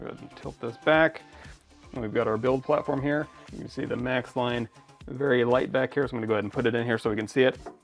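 A resin vat is being handled for a Nova3D Bene5 resin 3D printer, about to go into the printer base, while someone talks continuously with music in the background. Nothing has seated or clicked yet; the vat has not locked into place.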